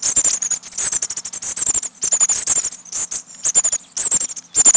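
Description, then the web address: Bird calling with rapid, very high, thin notes in dense bursts, broken by brief pauses. "Peterson North American Birds"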